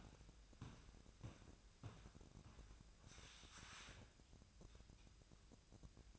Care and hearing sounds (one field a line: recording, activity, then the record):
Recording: daily activity, microphone in the room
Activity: walk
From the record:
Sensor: 2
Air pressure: 1012.0 hPa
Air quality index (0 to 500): 174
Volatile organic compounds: 2 ppm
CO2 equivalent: 1266 ppm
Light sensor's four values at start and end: 42/111/47/52 and 39/106/45/50